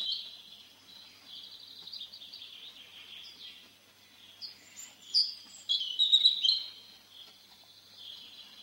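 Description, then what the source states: European Robin song, soft high warbling that swells into a brighter phrase midway, then quietens. Sings perched atop a small spruce, sun on its rusty-red breast; song continues long into the evening as the forest quickly falls silent.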